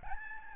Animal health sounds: mosquito wingbeat signal from an infrared sensor; Aedes albopictus

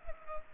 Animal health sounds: mosquito wingbeat signal from an infrared sensor; Culex pipiens

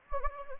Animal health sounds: mosquito wingbeat signal from an infrared sensor; Anopheles gambiae

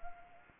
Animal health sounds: mosquito wingbeat signal from an infrared sensor; Anopheles arabiensis

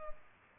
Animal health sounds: mosquito wingbeat signal from an infrared sensor; Aedes albopictus

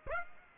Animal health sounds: mosquito wingbeat signal from an infrared sensor; Aedes aegypti

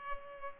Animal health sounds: mosquito wingbeat signal from an infrared sensor; Culex pipiens

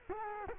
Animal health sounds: mosquito wingbeat signal from an infrared sensor; Culex quinquefasciatus

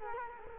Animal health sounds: mosquito wingbeat signal from an infrared sensor; Culex quinquefasciatus

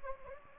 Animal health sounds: mosquito wingbeat signal from an infrared sensor; Anopheles gambiae

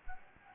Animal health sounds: mosquito wingbeat signal from an infrared sensor; Anopheles gambiae

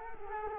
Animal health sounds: mosquito wingbeat signal from an infrared sensor; Culex quinquefasciatus

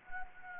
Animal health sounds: mosquito wingbeat signal from an infrared sensor; Anopheles gambiae

